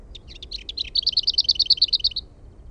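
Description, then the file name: Lesser whitethroat song opening with soft, jumbled chattering notes and then a steady, high rattle of about eleven quick repeated notes. "HERNEKERTTU"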